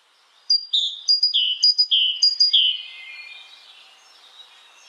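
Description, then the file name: Great tit song: short high notes followed by a longer, lower note, repeated four times quickly, then fading into a faint hiss. "Canto do chapins real"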